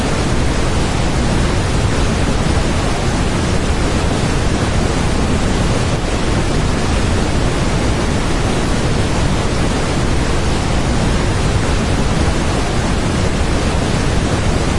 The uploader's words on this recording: Big Waterfall Flowing. White Noise.